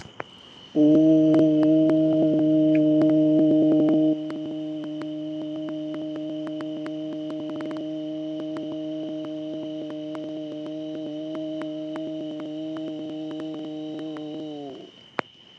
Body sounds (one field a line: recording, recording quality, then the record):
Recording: sustained vowel as in boot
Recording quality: moderate, slight background noise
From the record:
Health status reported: healthy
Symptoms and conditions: none ticked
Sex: male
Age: 41 years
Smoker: not ticked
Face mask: not worn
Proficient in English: yes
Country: India